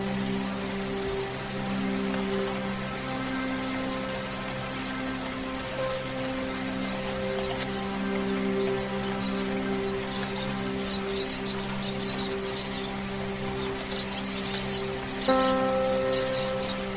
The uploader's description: meditation music, soothing rain sounds, and distant thunder